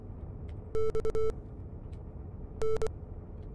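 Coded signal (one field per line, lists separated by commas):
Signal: Morse code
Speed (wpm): 24 wpm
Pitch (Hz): 440 Hz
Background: none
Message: XN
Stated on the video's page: Morse in the game Wolfpack's radio room.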